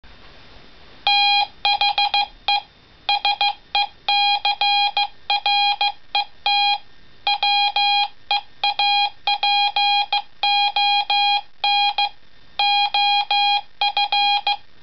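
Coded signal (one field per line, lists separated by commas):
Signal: Morse code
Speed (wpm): 15 wpm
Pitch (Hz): 820 Hz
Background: none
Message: THE SECRET WEAPON OF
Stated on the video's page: Sent on a homemade CW key built from a multi-function knife.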